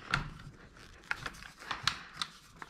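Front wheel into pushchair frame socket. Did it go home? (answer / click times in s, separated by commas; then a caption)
no / none. A front wheel is being handled and turned into the plastic frame socket of a Hauck pushchair, giving a few short, light taps and rattles around 0.1, 1.1, 1.9 and 2.2 seconds over quiet handling noise. The wheel has not seated or clicked into place yet.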